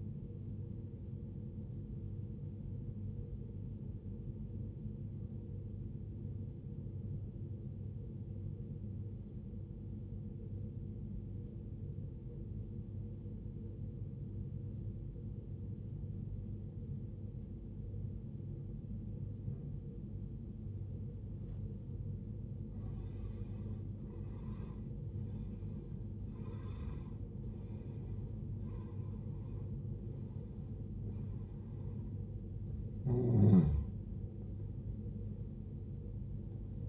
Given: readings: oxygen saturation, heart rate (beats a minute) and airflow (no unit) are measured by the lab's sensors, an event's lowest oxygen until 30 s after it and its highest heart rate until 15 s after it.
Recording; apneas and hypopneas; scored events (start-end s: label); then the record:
breathing in sleep by a smartphone at the bedside; 1
5.00-22.80 s: obstructive apnea (N2, oxygen 94% highest, then 80% lowest, heart rate 56 at the start, 74 highest)
26.00-36.89 s: new sleep stage, N1 (lightest sleep)
From the record:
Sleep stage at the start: N2 (light sleep); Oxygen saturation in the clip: 84 to 94%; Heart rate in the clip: 55 to 74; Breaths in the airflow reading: 5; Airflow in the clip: -18.4 to 18.0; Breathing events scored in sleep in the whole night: 389 in 6.3 hours asleep